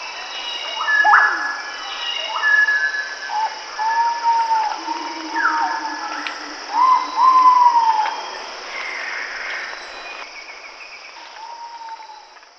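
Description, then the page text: Ivory-breasted pitta giving clear, slurred whistles near the middle, set within a busy chorus of other birds and a steady high insect drone. "Ivory-Breasted Pitta Call. Quick Sounds"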